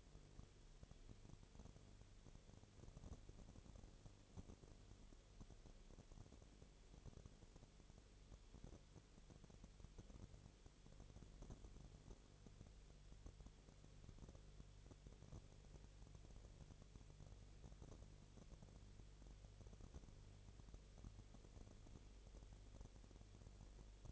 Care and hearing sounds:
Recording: daily activity, microphone in the room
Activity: no activity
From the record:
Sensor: 4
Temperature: 22.3 degrees Celsius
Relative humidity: 30.9%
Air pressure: 1004.1 hPa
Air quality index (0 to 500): 86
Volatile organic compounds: 1 ppm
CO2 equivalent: 772 ppm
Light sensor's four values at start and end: 2/3/1/1 and 2/3/1/1

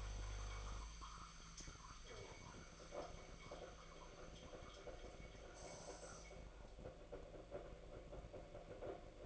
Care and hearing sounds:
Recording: daily activity, microphone in the room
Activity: make coffee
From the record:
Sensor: 5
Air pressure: 1009.5 hPa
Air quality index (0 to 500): 167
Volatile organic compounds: 4 ppm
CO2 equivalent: 1623 ppm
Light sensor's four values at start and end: 95/252/103/109 and 95/251/103/109

